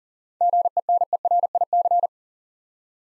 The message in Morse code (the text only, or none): GENERIC